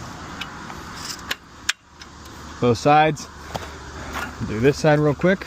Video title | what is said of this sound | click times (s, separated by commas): Best Camping Table on AMAZON - Why Not RV: Ep 149 | hole where lines up in and it locks in place | 1.7 s